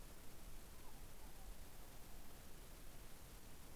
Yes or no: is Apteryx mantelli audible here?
no